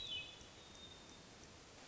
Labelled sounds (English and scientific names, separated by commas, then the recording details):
Hermit Thrush (Catharus guttatus)
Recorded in Sonoma County, California